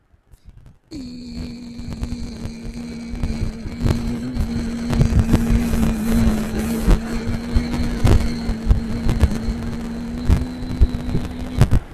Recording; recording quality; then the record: sustained vowel as in beet; moderate, slight background noise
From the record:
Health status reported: healthy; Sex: male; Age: 25 years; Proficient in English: yes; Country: India